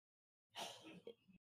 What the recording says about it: You can hear my dad coughing. He just worked in a mine all his life, so his lungs don't work like they should.